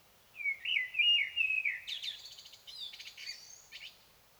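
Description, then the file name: Common blackbird song phrase: fluty warbled notes rising and falling, then a rapid high scratchy twitter of repeated notes trailing off. "Turdus merula"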